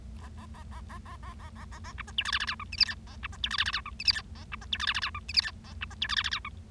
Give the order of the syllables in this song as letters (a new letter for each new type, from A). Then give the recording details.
A A A A A A A A A A A B C D E F F G H I J K A B C D E F F G H I J K A B C D E F F G H I J K A B C D E F F G H. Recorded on 25 March 2012 at 11:50. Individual gy6or6